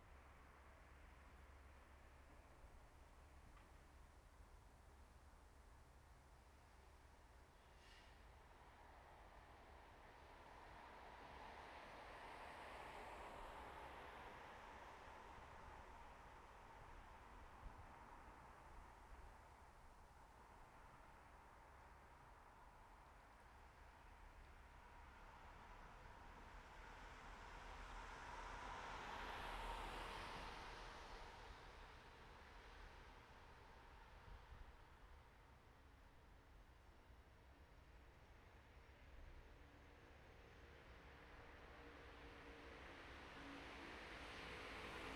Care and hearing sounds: everyday scene through a hearing-aid microphone; in traffic; traffic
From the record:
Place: bus stop on a city main road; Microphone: behind the ear, right, rear

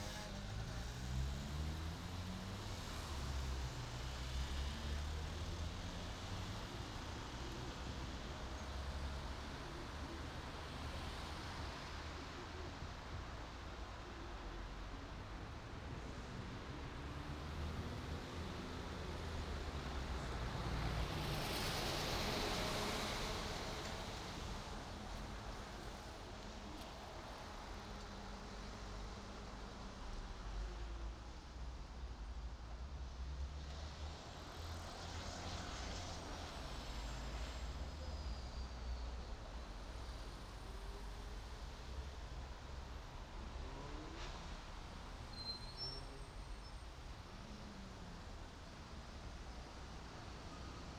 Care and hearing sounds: everyday scene through a hearing-aid microphone; in traffic; traffic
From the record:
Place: main city hub, rush hour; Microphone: in the ear canal, right

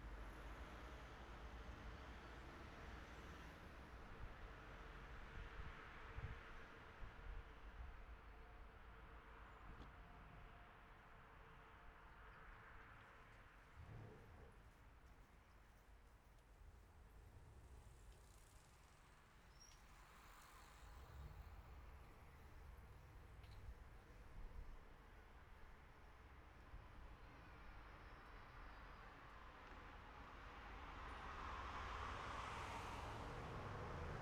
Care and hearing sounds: everyday scene through a hearing-aid microphone; in traffic; traffic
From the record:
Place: city secondary road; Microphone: behind the ear, right, front

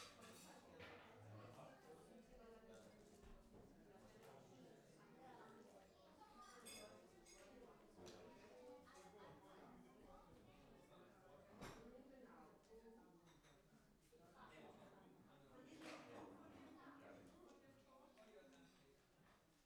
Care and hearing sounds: everyday scene through a hearing-aid microphone; many people talking; many voices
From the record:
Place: parish hall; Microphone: behind the ear, right, front

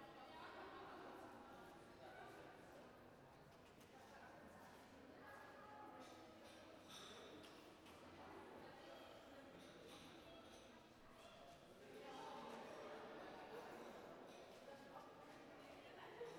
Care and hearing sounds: everyday scene through a hearing-aid microphone; reverberant space; background noise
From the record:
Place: railway station hall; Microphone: behind the ear, right, rear

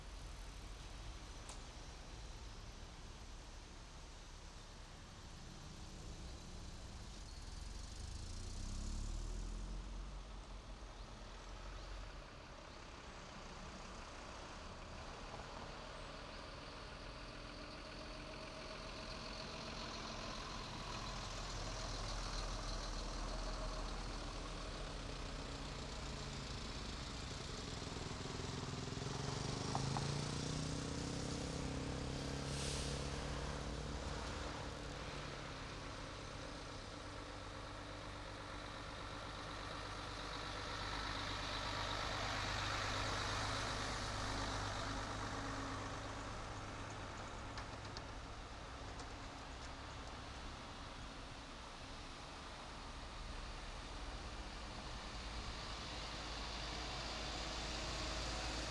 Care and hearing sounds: everyday scene through a hearing-aid microphone; in traffic; traffic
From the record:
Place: main road on the outskirts, rush hour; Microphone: in the ear canal, right

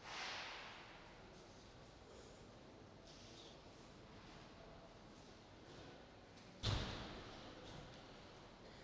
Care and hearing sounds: everyday scene through a hearing-aid microphone; reverberant space; background noise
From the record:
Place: railway station hall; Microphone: in the ear canal, right

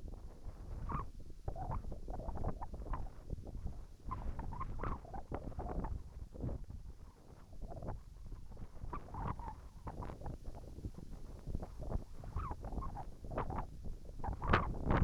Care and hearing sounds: everyday scene through a hearing-aid microphone; wind on the microphone; wind, whistling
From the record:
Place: in front of a rural house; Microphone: behind the ear, right, rear

